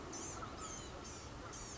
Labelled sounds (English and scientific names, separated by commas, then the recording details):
Blue-gray Gnatcatcher (Polioptila caerulea)
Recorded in Sonoma County, California